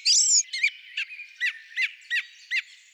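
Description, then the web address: Song thrush sings a high whistled opening note, then a short sharp phrase repeated several times at a fairly steady pace. "Turdus philomelos"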